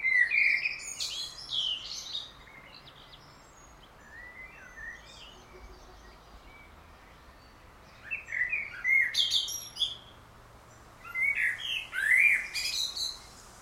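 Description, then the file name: Common blackbird song: several phrases of fluted warbling with scratchy high twitters, spaced by quiet pauses. "Turdus merula"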